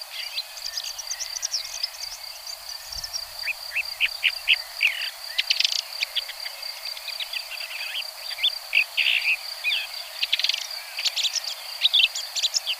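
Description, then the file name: Red-backed shrike uttering bursts of rasping, squeaky notes separated by brief gaps, against a continuous high thin tone. "Pie grieche ecorcheur"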